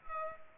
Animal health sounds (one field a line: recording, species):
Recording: mosquito wingbeat signal from an infrared sensor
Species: Culex pipiens